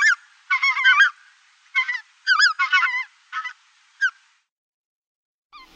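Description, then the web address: Lesser white-fronted goose giving high, squeaky yelping calls in quick bursts of two to four notes, strongly rising and falling, with short pauses between bursts. Uzbekistan. "Uzbek hayvonlar. Anser erythropus"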